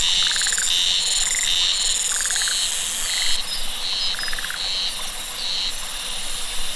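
Cicada gives loud, shrill buzzes that switch on and off in quick succession, with a few short lower rattling bursts.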